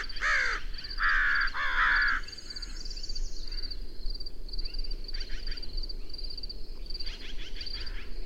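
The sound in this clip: Bird calls, three loud rasping caws at the start, then fainter calls over a constant high ticking.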